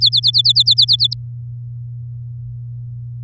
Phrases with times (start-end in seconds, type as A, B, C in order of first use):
0.01-1.14 A